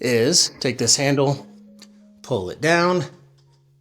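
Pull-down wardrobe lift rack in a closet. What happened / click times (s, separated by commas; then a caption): The rack is being handled and has not locked home yet / none. A pull-down wardrobe lift rack in a closet is being handled, its handle taken to pull the rack down from the top of the closet, while someone talks over background music with faint hits. Nothing has seated or clicked yet; the clip ends before the rack locks into place.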